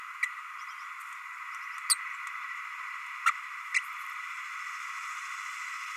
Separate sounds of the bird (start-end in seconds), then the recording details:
0.23-0.26, 1.89-1.95, 3.26-3.31, 3.74-3.81. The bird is a male. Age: 30 days. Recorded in a nest box in Venezuela. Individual 17B32A6